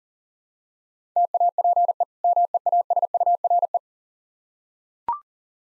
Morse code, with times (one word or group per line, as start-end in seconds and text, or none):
1.2-2.0 TAPE
2.2-3.8 MEASURE